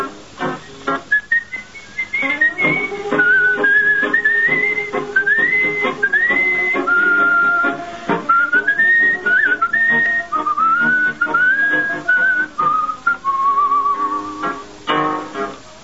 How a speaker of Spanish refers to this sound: y un reo meditabundo va silbando esta canción.